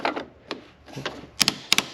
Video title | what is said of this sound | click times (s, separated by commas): Toro Timecutter 54" MyRide Tutorial | And once you hear that click, that's how you know you're at the maximum tightness. | 1.4 s, 1.5 s, 1.7 s, 1.8 s